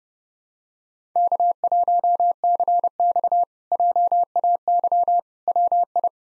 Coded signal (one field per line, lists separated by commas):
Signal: Morse code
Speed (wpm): 30 wpm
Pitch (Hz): 700 Hz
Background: none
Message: K1CX JAY WI